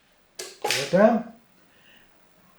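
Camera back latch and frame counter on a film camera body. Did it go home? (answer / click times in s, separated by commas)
released / 0.4 s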